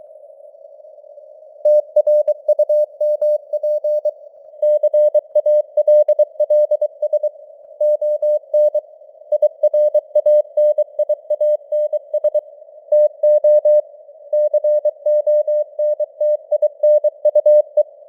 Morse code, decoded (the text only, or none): TRUMP CALLS ON IRANIANS TO CONTINUE